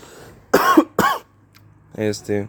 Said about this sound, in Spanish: voy a toser, banda.